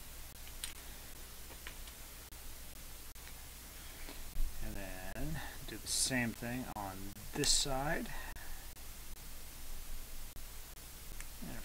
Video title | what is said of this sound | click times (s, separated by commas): Wolf Workshop: Sinanju Build Episode 1 | everything just pushes on snaps into place nicely | 11.2 s